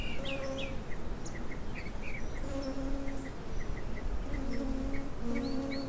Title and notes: Canyon Bees, Birds, and a Chicken. Bees pollinate a perpetual-blooming Echium Candicans ("pride of Madeira") flowering shrub in our Laurel Canyon Garden